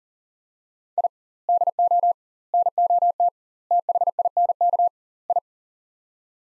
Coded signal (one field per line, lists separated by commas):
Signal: Morse code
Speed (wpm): 37 wpm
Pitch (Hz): 700 Hz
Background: none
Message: I DO NOT THINK I